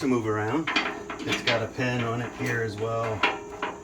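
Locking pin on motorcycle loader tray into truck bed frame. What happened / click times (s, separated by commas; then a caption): Handled, not yet home: no locking-pin snap heard / none. A wheeled motorcycle loader tray with a locking pin is handled as it is rolled into position on a truck bed frame while someone talks over faint handling noise, with a brief louder bump near 3.6 s. Nothing has seated or clicked yet; the pin has not locked into place.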